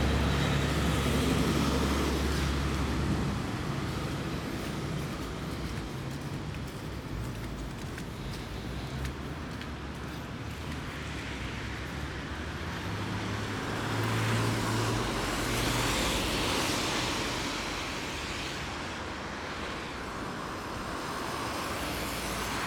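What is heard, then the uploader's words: Rain hisses steadily over a downtown street, a dense wash of bright spatter. A low rumble of traffic rolls underneath, swelling as vehicles pass near the start and again around the middle, with tyres swishing on wet pavement. Rainy Downtown Street.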